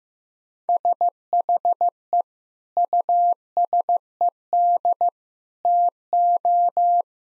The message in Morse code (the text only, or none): SHE USED TO